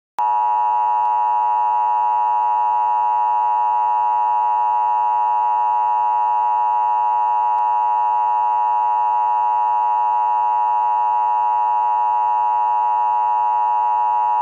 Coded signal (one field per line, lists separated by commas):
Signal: Emergency Alert System (SAME) tones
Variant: 853 and 960 Hz attention tone